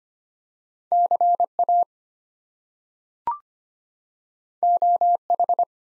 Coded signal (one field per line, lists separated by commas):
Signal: Morse code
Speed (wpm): 25 wpm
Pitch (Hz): 700 Hz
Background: none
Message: CA OH